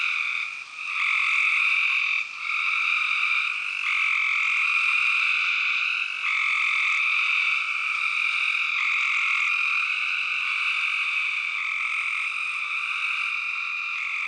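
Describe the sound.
Loud, dense spring peeper chorus, piercing high peeps fused into a constant ringing roar throughout.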